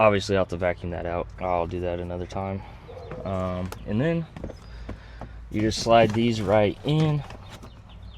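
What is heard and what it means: Someone talks while a driver-side Lasfit molded floor liner is slid into the footwell of an off-road Bronco, toward its retention clip. A few faint, brief handling knocks are heard around 4.5–5.2 seconds. Nothing has seated or snapped into place yet.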